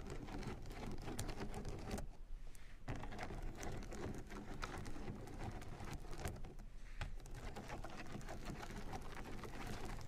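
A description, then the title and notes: Headphone tapping and massage rollers make a dense, steady patter of quick taps over a low rumbling roll, sounding much like rain. The tapping thins briefly around two to three seconds and again near seven seconds, and the loudness otherwise stays even. Headphone Tapping & Massage Rollers.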